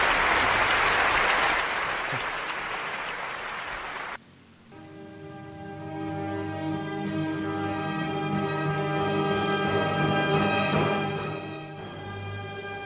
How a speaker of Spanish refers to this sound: Aplauso de lluvia. Aplauso lluvia.